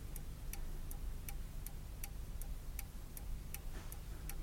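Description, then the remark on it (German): An old 18th-century clock above a fireplace with a golden grille ticks steadily, about two sharp, bright clicks per second, over a low constant hum, with no voices present. “Die alte Uhr da oben, über dem Kamin mit dem goldenen Gitter.”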